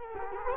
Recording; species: mosquito wingbeat signal from an infrared sensor; Culex quinquefasciatus